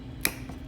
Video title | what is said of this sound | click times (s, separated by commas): How to replace the side marker bulbs for the 10th generation Honda Civic TypeR,si,sport | you go heard that click it's | 0.2 s